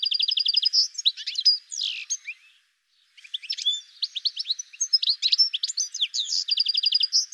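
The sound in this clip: Bird calls and chirps, rapid buzzy trills and sharp varied notes tumbling together, with a short gap of silence midway before the busy chatter resumes.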